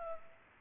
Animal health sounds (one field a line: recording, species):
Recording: mosquito wingbeat signal from an infrared sensor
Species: Culex pipiens